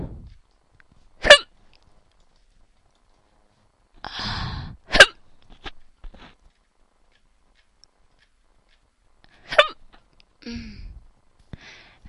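Three sharp, abrupt hics sound roughly every four seconds, about 15 a minute, with softer breathy sounds between them. These are typical hiccups in an adult: sudden involuntary diaphragm spasms that end in a quick snap of the vocal cords closing.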